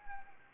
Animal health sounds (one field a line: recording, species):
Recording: mosquito wingbeat signal from an infrared sensor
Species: Anopheles gambiae